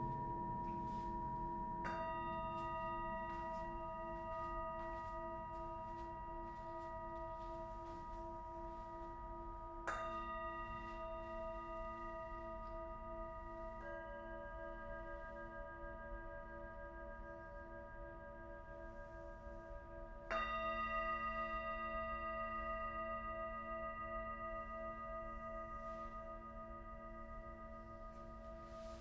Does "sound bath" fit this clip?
yes